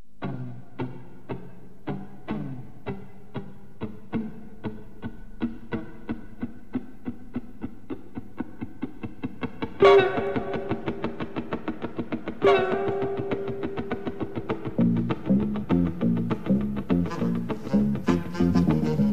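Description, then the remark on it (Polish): An electronic effect mimics a rushing train: steady rhythmic clacking pulses like wheels on rails, with two sudden bright tonal swells like a horn blast, the beat quickening toward the end. “Gdzie pędzi pociąg, w jedną stronę tam, potem nagle staje i znowu pędzi tam.”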